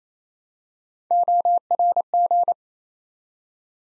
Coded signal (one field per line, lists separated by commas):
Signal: Morse code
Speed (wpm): 28 wpm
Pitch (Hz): 700 Hz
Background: none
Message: ORG